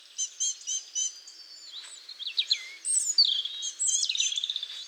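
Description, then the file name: Great tit calling: a few short ringing notes, then a busy run of high slurred chirps and whistles that rise and fall in quick succession. "Parus major"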